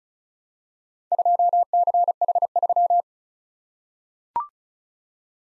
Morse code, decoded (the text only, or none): 2CH3